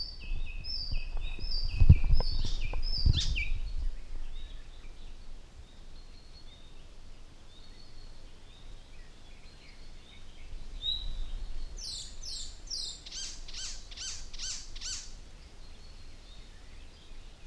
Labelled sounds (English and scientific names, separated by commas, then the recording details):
Icterine Warbler (Hippolais icterina) song
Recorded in the wild
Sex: male
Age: adult
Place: Lohm, Havelland, Brandenburg, DE
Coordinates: 52.8839, 12.3572
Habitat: grassland
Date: 2007-05-19 07:30
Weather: fair, 10°C, weak winds
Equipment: Sound Devices 702, Sennheiser MKH 416-T, Windkorb
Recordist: Frommolt, Karl-Heinz
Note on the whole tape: Straßenallee Richtung Lohm: Gesang. Entfernung ca. 15-20 m. Straße ist beidseitig von Eichen gesäumt